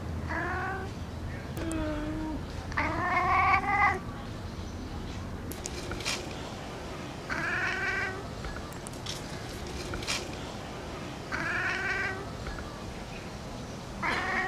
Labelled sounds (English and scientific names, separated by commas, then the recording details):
Wildcat (Felis silvestris) call
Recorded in captivity
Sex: male
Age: adult
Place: Tierpark Berlin, Berlin, DE
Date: 1980-09-06 10:32
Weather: overcast, 16-19°C, gusty winds
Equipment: Nagra, Kopie Uher 4200
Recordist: Tembrock, Günter
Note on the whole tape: Männchen: Laute am Gitter auf Beobachter bezogen (z.T. durch Maunzer des Beobachters ausgelöst). Abstand: 0,5 m